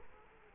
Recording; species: mosquito wingbeat signal from an infrared sensor; Culex quinquefasciatus